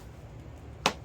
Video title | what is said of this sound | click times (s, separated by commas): Freewing Banshee Assembly by Fat Guy Flies RC | feel click in okay you hear that pop | 0.9 s